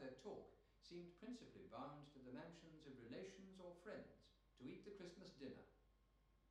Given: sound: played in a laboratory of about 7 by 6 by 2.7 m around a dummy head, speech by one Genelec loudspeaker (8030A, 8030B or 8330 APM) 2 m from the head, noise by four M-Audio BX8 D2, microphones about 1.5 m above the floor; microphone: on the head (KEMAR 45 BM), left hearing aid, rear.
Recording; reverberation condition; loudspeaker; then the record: male speech in English; medium; 150 degrees to the right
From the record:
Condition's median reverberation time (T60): about 510 ms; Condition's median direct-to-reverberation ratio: about -0.5 dB